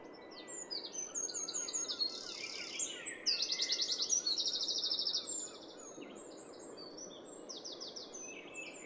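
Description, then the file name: Eurasian wren song: a fast, high run of chirps and trills, loudest in a dense rattling burst in the middle, over steady background noise. "Troglodytes troglodytes"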